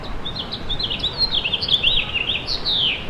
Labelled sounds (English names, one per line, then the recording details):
House Finch song
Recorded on Long Island, New York, on 24 June 2012
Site SO
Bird A